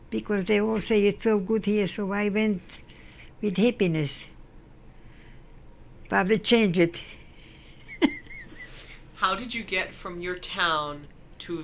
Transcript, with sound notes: Because they all say it's so good here, so I went with happiness, but it changes. (Laughs)
How did you get from your town to